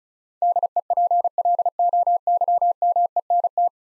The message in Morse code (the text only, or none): DEPLOYMENT